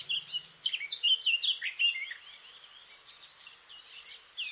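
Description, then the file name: Eurasian blackcap song: a loud, rich warbled phrase for about two seconds, then soft twittering and a short louder ending. "Sylvia atricapilla"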